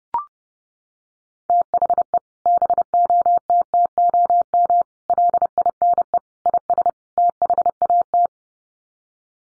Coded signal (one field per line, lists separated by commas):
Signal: Morse code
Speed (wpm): 30 wpm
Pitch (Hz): 700 Hz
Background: none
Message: THE BOTTOM LINE IS THAT